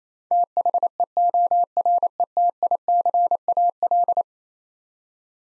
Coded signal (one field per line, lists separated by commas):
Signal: Morse code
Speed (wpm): 28 wpm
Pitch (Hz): 700 Hz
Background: none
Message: THEORETICAL